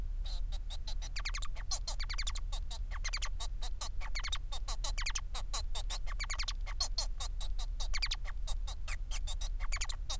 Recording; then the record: song of a male Bengalese finch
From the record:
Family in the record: son of father 4